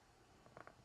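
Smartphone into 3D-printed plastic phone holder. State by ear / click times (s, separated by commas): not seated / none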